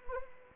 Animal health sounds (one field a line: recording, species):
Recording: mosquito wingbeat signal from an infrared sensor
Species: Anopheles arabiensis